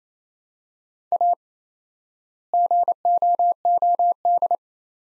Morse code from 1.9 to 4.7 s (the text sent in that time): GOOD